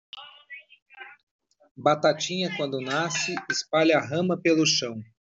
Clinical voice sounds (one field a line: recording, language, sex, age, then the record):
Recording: short text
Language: Brazilian Portuguese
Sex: male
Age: 40 to 49 years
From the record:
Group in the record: control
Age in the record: 48 years